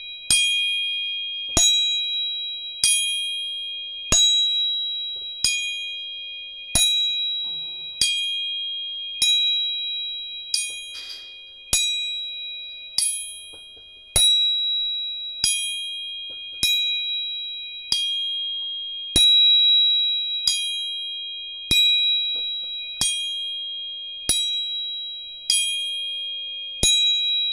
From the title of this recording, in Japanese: 音叉チューニング3本